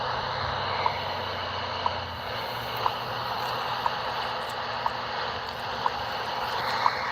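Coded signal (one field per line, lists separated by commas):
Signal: radio time signal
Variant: WWV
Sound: soft clicking tick each second, seven ticks, buried in hiss and rumble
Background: radio static, low hum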